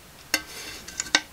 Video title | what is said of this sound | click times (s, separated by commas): GSI Pinnacle Camper Cookset Review | and that's how your pan locks in okay now to release that this kind of just | 1.1 s